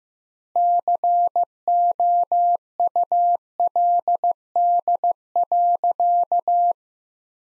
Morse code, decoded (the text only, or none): COULD.